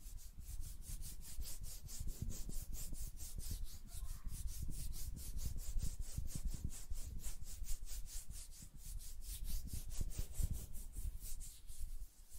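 Hand sounds with steady, rapid rubbing strokes, about three a second, repeating evenly for the whole stretch like fingers fluttering or brushing back and forth. Each stroke carries a bright, hissy edge over a soft, dull thumping underneath, and the level stays fairly constant throughout.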